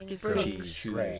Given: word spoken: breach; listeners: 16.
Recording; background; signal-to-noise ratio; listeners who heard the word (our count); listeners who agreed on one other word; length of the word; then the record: one English word in noise, from a listening test; four-talker babble; -3.0 dB; 0 of 16; 6 of 16; 0.79 s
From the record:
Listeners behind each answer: 6, 1, 1, 1, 1, 1, 1, 1, 1, 1, 1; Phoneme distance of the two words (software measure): 37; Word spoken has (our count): 1 syllable, 4 phonemes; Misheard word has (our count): 1 syllable, 3 phonemes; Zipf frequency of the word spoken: 3.88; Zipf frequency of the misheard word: 5.03